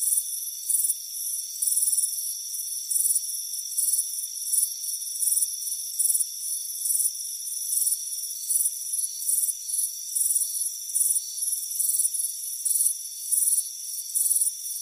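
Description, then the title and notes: High cricket chirping in brief bursts, just over one a second, over a constant thin high trill. Crickets chirping on a warm afternoon, heard from a front porch. "Soothing Crickets Chirping Sound. It's a warm afternoon as you relax in a hammock on the front porch. Relax and fall asleep to the soothing sound of chirping crickets. Deep Sleep Sounds"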